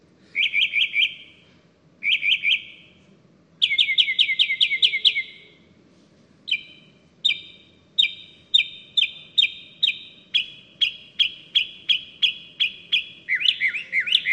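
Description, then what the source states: Northern Mockingbird singing varied phrases, notes repeated several times before switching, then a long run of sharp, evenly spaced chips. Occurs in North America; song sounds genuinely mocking, which is how it got its name.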